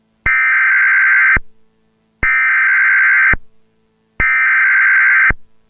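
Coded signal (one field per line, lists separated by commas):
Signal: Emergency Alert System (SAME) tones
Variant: header bursts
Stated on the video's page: Simulated EAS scenario.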